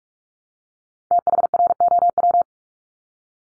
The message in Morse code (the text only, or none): THROW